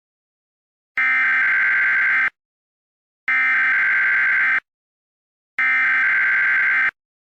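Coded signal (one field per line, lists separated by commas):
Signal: Emergency Alert System (SAME) tones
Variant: header bursts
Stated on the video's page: Fake prank nuclear alert containing valid EAS tones.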